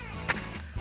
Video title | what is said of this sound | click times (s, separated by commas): How to use agriculture drone -- agriculture drone ఎలా ఉపయోగించాలి🤔 | దాన్ని ప్రెస్ చేసి ముందర కన్నామంటే మనకి లాక్ అవుతుంది. | 0.3 s